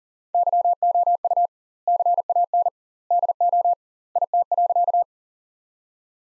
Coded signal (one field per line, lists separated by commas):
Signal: Morse code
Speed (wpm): 40 wpm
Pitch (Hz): 700 Hz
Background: none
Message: YOU CAN DO IT.